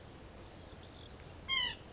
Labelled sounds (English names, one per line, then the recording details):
White-breasted Nuthatch
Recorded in Sonoma County, California